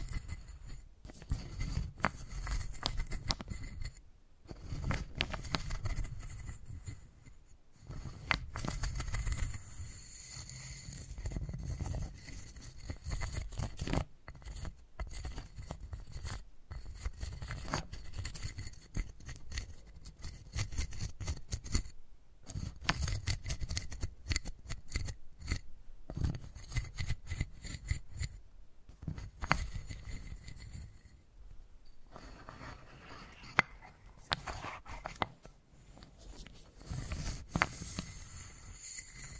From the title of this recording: Wooden Ball Triggers